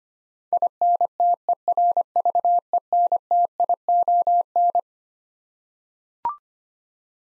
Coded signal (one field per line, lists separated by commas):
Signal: Morse code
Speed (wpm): 25 wpm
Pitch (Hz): 700 Hz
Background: none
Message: INTERVENTION